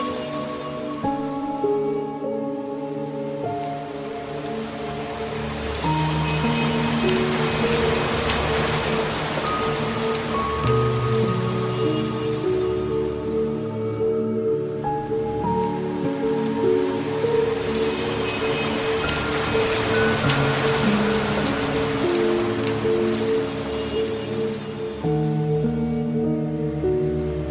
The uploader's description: gentle rain ambience, soothing piano melodies, nature's whispers, and solfeggio frequencies